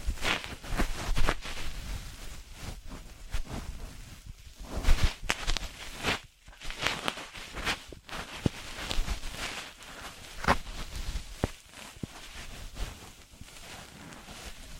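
An ear massage and cleaning sound made of dense, crackling rustles and scratchy rubbing that runs almost without pause. Sharp pops and clicks break through every second or so, with a brief near-silent gap around six seconds before the scratching resumes.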